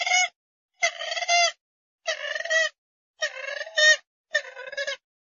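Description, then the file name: Grey-headed swamphen giving harsh, longer trumpeting calls in five bursts, some notes running together into rough, wavering phrases, about one second apart. "Tieng trich co"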